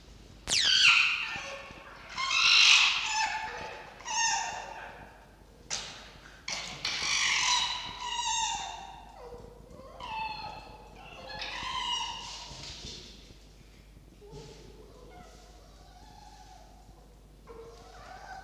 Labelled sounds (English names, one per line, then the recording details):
Red Fox
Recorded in captivity
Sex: female
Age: adult
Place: Zoologisches Institut der HUB, Berlin, DE
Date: 1952-04-28 19:45
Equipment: Elmetra
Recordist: Tembrock, Günter